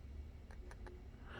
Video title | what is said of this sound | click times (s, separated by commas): How to easy fix the charging port on a Samsung A51 (and all other possible solutions) | because if the cable is not matching, when you put the pressure on it, it will not click like you heard now, right? | 0.7 s